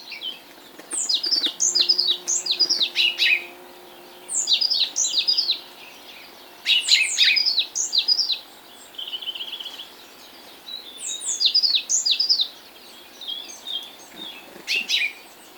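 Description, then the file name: African blue tit song given as repeated short bursts of high, thin descending notes separated by brief pauses. Subspecies teneriffae. "Fernand DEROUSSEN - Afrikanskaya lazorevka Cyanistes caeruleus teneriffae"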